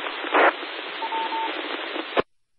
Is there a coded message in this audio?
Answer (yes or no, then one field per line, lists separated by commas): no